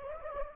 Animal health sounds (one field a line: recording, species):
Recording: mosquito wingbeat signal from an infrared sensor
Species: Anopheles gambiae